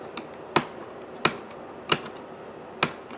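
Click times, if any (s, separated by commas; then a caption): 0.2 s, 0.6 s, 1.2 s, 1.9 s, 2.8 s. A captive screw in the bottom cover of a Dell Latitude E7470 laptop is turned past the end of its thread once fully unscrewed. It ticks over with sharp clicks at 0.2, 0.6, 1.3, 1.9 and 2.8 seconds. The clicking shows the screw is released and unscrewing is finished.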